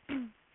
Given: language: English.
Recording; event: throat vibration sensor signal played as sound; throat clearing